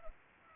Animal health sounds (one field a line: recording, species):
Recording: mosquito wingbeat signal from an infrared sensor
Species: Culex pipiens